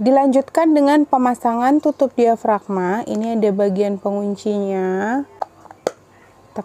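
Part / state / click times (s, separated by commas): diaphragm cover onto breast pump flange connector / seated / 5.9 s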